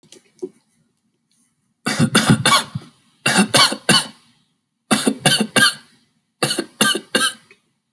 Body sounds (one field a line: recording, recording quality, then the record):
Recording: shallow voluntary cough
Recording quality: excellent, no background noise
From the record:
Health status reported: healthy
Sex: male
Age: 25 years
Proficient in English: yes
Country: India